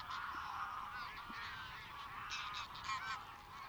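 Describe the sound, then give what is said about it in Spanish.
A dense, continuous chorus of thousands of wild geese and cranes calling in thick fog over flooded fields in Tierra de Campos, around Villafáfila, Zamora, Spain; overlapping honks and bugling cries blend into a steady clamor with occasional louder bursts, no voices present. “Parece que, como nosotros, miles de grullas y gansos silvestres tampoco encuentran las lagunas.”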